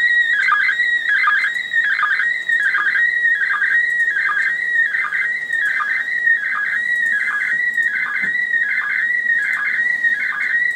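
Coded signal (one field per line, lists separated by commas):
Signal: SSTV (slow-scan television)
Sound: warbling tone stepping between pitches, regular short low blips, repeating rhythmically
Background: radio static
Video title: ISS space station experiment op SSTV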